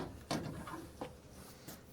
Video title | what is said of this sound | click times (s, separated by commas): K SWAP RX8 TIME ATTACK PROJECT : Exhaust Fab and Seat Fab | it a little click. | 0.3 s, 1.0 s